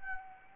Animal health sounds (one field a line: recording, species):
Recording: mosquito wingbeat signal from an infrared sensor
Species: Anopheles gambiae